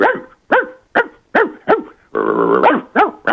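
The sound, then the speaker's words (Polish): A person imitates their small dog Hektorek with a quick series of sharp, high yapping barks, then a longer strained whine, then two more yaps, on Polish Radio Trójka. “Koniecznie muszę się pochwalić swoim talentem do naśladowania pawia i do naśladowania mojego pieska Hektorka.”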